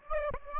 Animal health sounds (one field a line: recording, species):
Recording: mosquito wingbeat signal from an infrared sensor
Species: Aedes aegypti